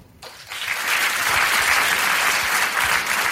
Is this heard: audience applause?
yes